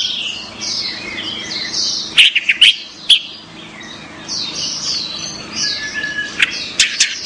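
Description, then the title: Orange-headed thrush song of high, tumbling warbled phrases punctuated by sharp clicking notes, continuing steadily throughout. "Anis Merah"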